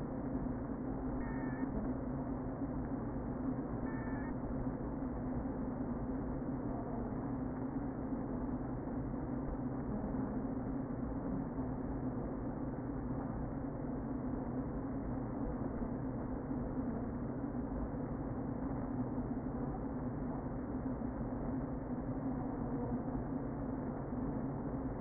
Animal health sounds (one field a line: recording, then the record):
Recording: honeybee colony, microphone inside the hive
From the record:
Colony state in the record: queen present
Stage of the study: before two queens were removed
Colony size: about 60,000 bees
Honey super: yes